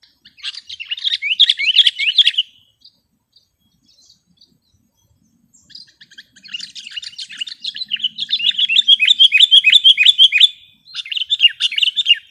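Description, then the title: Sooty-headed bulbul song: a chattering phrase, a silent gap of a few seconds, then a longer series of sharp repeated notes and a final short burst. "kutilang"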